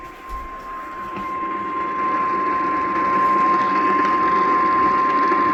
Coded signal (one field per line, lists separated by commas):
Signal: Emergency Alert System (SAME) tones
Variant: 1050 Hz attention tone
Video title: ONE OF MY WORST COMPILATIONS OF ALL TIME - EAS Alerts from 04/04/2023-04/05/2023 (EAS #856-885)